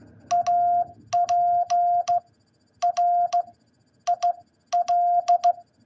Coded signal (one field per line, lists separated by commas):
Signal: Morse code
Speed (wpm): 16 wpm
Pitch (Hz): 700 Hz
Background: none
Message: APRIL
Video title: What Is April In Morse Code?